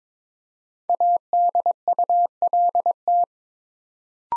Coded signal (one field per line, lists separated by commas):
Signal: Morse code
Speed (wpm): 23 wpm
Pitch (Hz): 700 Hz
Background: none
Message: ADULT